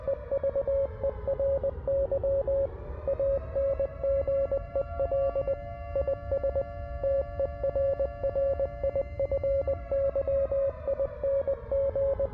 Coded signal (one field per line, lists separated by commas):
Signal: Morse code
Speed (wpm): 20 wpm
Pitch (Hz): 550 Hz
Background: none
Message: EVERY ANGEL IS TERRIFYING